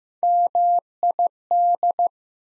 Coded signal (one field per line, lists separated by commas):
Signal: Morse code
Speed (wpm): 15 wpm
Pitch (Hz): 700 Hz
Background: none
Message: MID